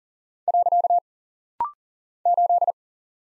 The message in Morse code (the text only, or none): . 8